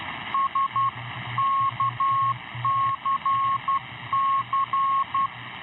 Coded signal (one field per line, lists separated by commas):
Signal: Morse code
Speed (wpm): 11 wpm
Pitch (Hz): 1090 Hz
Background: radio noise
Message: SKCC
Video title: The Old Tube Radio Network LIVE May 18, 2024